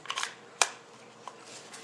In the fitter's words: you'll hear it click in actually